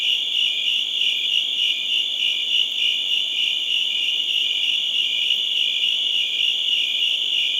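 Crickets sing a constant high chorus of fast, regular chirps layered into a ringing drone.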